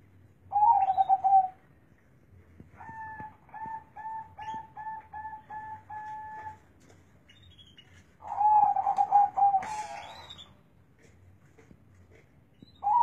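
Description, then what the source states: Zebra dove song: a trilled coo phrase, then a series of soft, evenly spaced repeated notes, followed by a louder quavering coo and the start of another. Local Indonesian perkutut, kept as a contest bird; its voice is the main judging criterion in bird contests; recording used as training (masteran) material.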